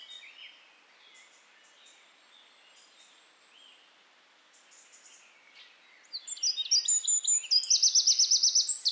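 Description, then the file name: Eurasian wren bursting into loud, high, rapid trilling song after several seconds of faint, thin chirps. "Troglodytes troglodytes"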